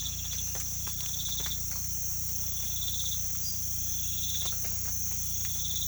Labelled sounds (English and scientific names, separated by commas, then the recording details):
none
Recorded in pastures near Puerto Asís, Putumayo, Colombia, on 18 December 2024 at 02:00
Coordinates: 0.472, -76.331
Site GP02